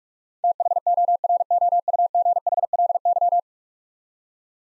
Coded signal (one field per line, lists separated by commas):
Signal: Morse code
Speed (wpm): 44 wpm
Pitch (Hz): 700 Hz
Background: none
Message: THOROUGHLY